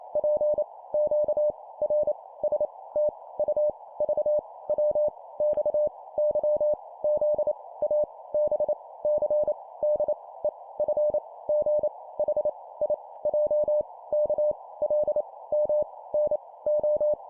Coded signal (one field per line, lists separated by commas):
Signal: Morse code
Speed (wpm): 28 wpm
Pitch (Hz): 600 Hz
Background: none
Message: P Q R S T U V W X Y Z A B C D E F G H I J K L M N O